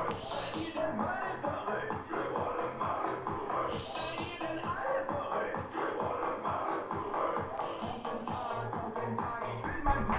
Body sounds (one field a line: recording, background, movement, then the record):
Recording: deep breathing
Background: music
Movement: sitting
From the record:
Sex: female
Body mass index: 18.8 kg/m2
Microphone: on the chest, facing the body